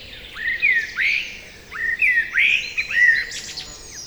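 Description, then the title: Common blackbird delivering a run of loud, liquid whistled notes, closing with a thin high squeak. Common blackbird singing trills from a tree beside a lake in Magnieu, France, during the evening chorus; Sennheiser MKH8040 stereo ORTF microphones, Zoom F8 recorder. "Lac de Barterand - Magnieu, France - Chorus du soir"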